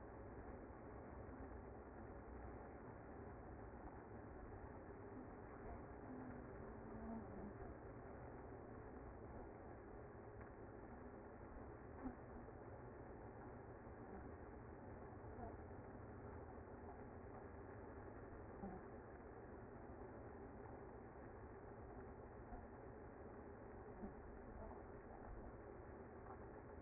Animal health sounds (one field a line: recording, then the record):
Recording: honeybee colony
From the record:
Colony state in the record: active